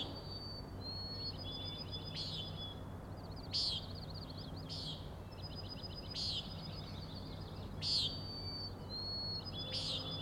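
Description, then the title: Common nighthawk giving several short nasal buzzy peents at irregular intervals, over high trilling chatter and a low steady hum. Three nighthawks (later one) peenting while flying in very close formation; Overlook, Schoodic Head, Acadia National Park, Winter Harbor, Maine; 16 June 2017, 4am. "Common Nighthawks, Schoodic Head 061617 4am"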